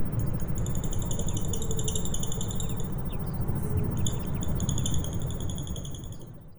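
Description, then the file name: Lovebird chatter: rapid, high-pitched chirps repeated almost throughout, over a constant loud low hum. Therapy audio. "audio terapi lovebird"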